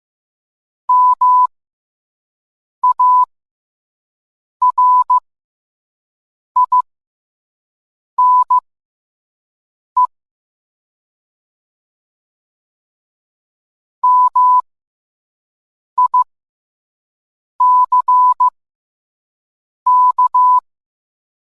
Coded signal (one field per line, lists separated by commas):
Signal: Morse code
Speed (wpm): 15 wpm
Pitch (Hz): 1000 Hz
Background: none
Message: MARINE MICK